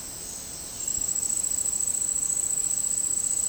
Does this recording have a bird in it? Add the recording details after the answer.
no. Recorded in dense forest near Puerto Asís, Putumayo, Colombia, on 18 February 2024 at 10:00. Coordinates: 0.486, -76.316. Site G6437